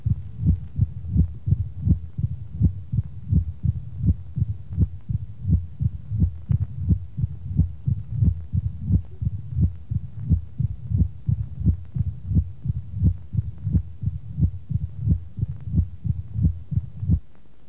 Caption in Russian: Выслушивается грубый пресистолический шум, заканчивающийся хлопающим первым тоном.